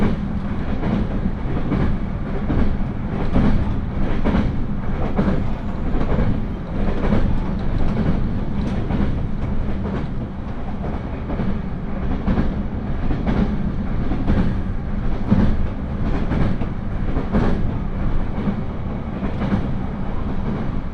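A ride on the Hōhi Main Line train: a steady, heavy low rumble fills the whole clip with little change in level. Faint, fairly regular clicks and knocks recur every second or so over the drone, like wheels passing rail joints.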